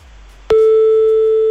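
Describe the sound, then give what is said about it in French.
A telephone ringback tone on an outgoing call to a reception desk: after a brief hush, a loud, steady, single-pitched electronic tone starts and holds unbroken to the end. “Allez, à la réception, il y a le téléphone qui sonne.”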